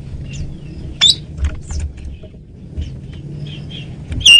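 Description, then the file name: Asian pied starling calls: a few brief whistled and chattering notes over constant low rumbling noise. Female bird used as a lure (pemikat) bird. "jalak suren betina pemikat"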